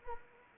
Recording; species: mosquito wingbeat signal from an infrared sensor; Anopheles arabiensis